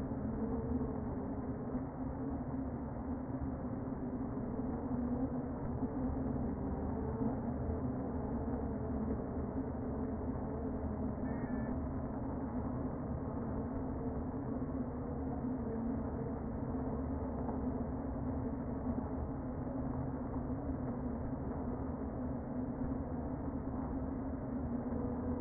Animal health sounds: honeybee colony, microphone inside the hive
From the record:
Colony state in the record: queen present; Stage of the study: before two queens were removed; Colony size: about 60,000 bees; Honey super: yes

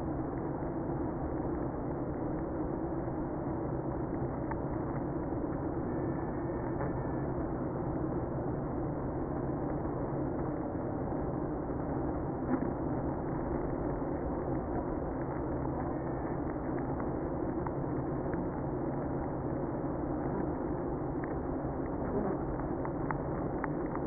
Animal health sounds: honeybee colony, microphone inside the hive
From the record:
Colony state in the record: queenless (queen removed); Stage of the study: after two queens were removed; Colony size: about 60,000 bees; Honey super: yes

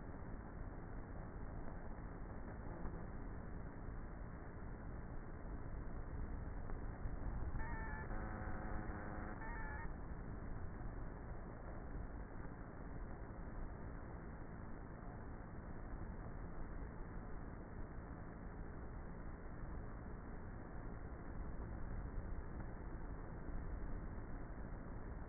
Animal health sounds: honeybee colony, microphone inside the hive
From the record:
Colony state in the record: queenless with a low population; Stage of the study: before two queens were removed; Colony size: about 30,000 bees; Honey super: no

